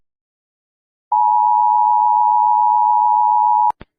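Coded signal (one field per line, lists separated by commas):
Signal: Emergency Alert System (SAME) tones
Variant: 853 and 960 Hz attention tone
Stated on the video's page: Fictional, entertainment-only EAS alarm recreation, loud.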